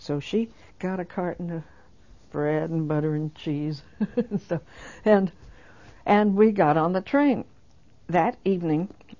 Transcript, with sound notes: So she got a carton of bread and butter and cheese and stuff. [she laughs] And we got on the train. That evening